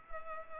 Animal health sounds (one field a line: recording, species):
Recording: mosquito wingbeat signal from an infrared sensor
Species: Culex pipiens